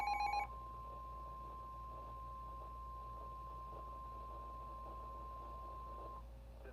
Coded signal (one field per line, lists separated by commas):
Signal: Emergency Alert System (SAME) tones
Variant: 1050 Hz attention tone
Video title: EAS Alerts From 6/29/24 (EAS #2631-2670)